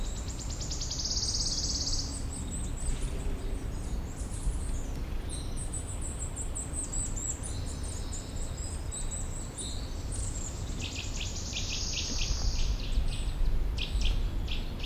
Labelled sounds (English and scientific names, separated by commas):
Eurasian Nuthatch (Sitta europaea)